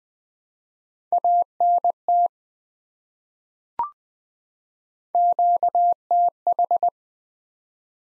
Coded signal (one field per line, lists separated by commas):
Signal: Morse code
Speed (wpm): 21 wpm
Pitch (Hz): 700 Hz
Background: none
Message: ANT QTH